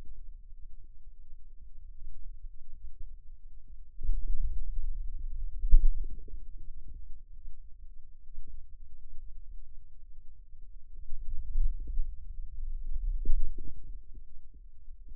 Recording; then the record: forearm muscle sounds (acoustic myography)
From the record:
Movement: wrist extension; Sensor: system 2, bracelet of six BSWA MPA416 microphones around the upper forearm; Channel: 6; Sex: male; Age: 22 years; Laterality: right